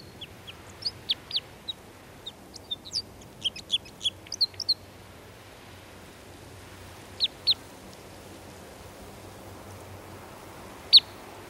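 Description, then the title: Red crossbill call notes: a rapid cluster of sharp, high chips during the first five seconds, then only a few isolated calls, with a steady low hiss throughout. "Viikon luontoääni: Pikkukäpylintu"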